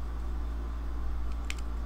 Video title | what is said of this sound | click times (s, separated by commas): HG 1/144 Qubeley (Gunpla Hangar Ep. 49) | so that everything just kind of comes together like that oh that is perfect i love it when it snaps in place and | 1.5 s